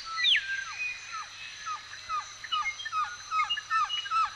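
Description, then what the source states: Birds chirping in a busy chorus: a steady run of short downslurred whistles repeated about twice a second, with scattered higher twitters and chips. Recorded in a forest.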